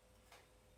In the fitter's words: Okay, I heard the click. Yep, that sounded good.